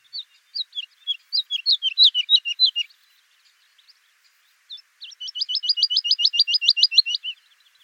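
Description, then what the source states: Woodlark song: a run of sweet, falling whistled notes, a pause, then a fast, even trill of repeated liquid notes. Rarely breeds in Germany, Austria and Switzerland; smallest of three lark species; prefers habitats with sparse vegetation and sandy soils, mainly heathland.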